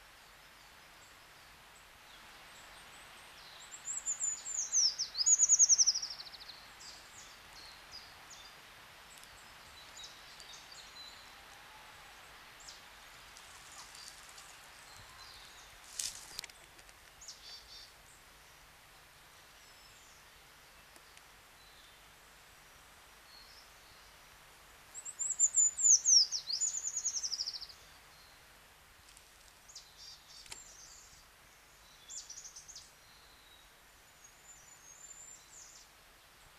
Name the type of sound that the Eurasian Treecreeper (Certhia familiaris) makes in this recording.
song